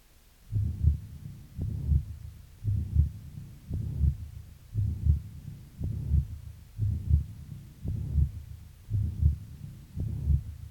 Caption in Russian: Систолический шум трикуспидальной недостаточности. В четвертой точке аускультации появление систолического шума свидетельствует о наличии недостаточности трикуспидального клапана. Как правило, она носит функциональный характер и развивается вследствие дилатации правого желудочка и растяжения кольца трикуспидального клапана. Первый тон, как правило, ослаблен.